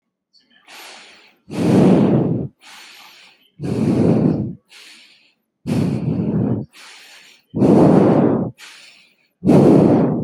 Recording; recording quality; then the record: shallow breathing; excellent, no background noise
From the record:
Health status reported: healthy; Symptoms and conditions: none ticked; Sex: female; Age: 27 years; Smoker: not ticked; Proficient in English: yes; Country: Canada